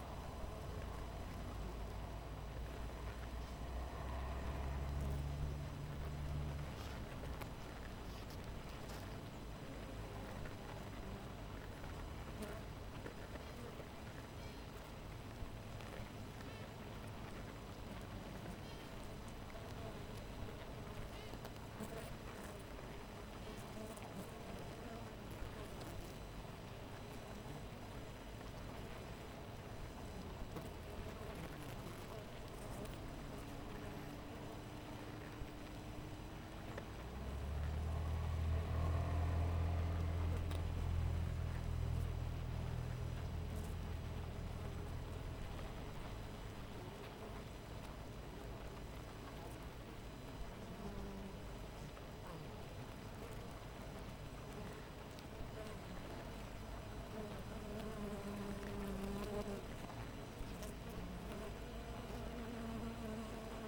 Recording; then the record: honeybee colony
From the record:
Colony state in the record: missing queen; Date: 14 July 2017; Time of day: 6:48